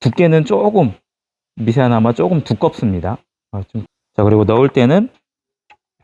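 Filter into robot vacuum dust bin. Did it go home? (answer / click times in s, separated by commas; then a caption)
no / none. Someone talks while handling the filter of a Samsung Bespoke AI Steam Ultra robot vacuum's dust bin, preparing to push it into its plastic housing so it snaps in. Only a brief faint tick is heard near 5.7 s after the speech, and nothing has seated or clicked yet.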